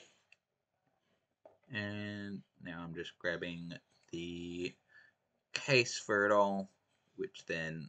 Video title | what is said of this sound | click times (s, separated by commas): My Heysen Trail Gear List | just clicks into place | 0.3 s